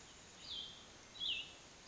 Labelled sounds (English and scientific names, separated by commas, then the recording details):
Cassin's Vireo (Vireo cassinii)
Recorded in Sonoma County, California